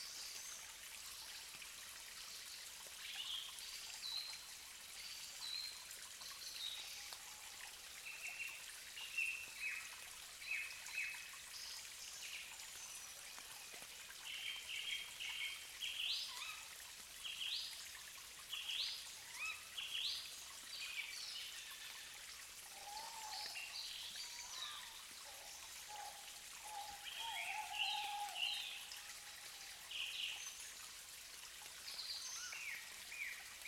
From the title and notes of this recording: Deluge at Dawn. I always love to combine dawn choruses with gentle streams. I set about finding a spot where I could leave my drop-rig (Zoom F6 + stereo set of Clippy EM272s) out safely. Walking a few metres up the hill so that the stream did not overwhelm the track, I set my mics just an inch or two inside a rotten crevice of the fallen tree.